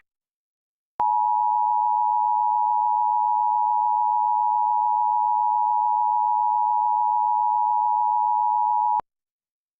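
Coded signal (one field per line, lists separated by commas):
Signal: Emergency Alert System (SAME) tones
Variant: 853 and 960 Hz attention tone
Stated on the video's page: National Periodic Test alert carried on Optimum/Suddenlink cable in Parkersburg, WV.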